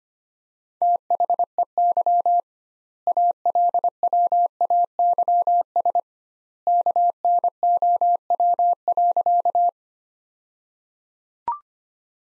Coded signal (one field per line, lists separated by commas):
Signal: Morse code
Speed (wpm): 25 wpm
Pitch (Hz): 700 Hz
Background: none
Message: THEY ALWAYS KNOW.